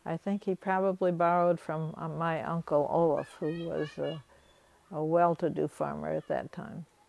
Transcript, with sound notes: I think he probably borrowed from my Uncle (children's voices can be heard in the background) who was a well-to-do farmer at that time.